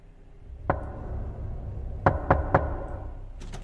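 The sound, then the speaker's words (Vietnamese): A man knocking on a wooden door at night: a single sharp knock, a pause, then three quick, evenly spaced raps, all over the steady rushing noise of the wind blowing. “Lúc này, ở bên ngoài cửa, lẫn trong tiếng gió thổi cứ vù vù vi vút trong đêm, thì vang lên có tiếng gõ cửa.”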